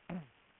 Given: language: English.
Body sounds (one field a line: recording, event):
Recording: throat vibration sensor signal played as sound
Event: throat clearing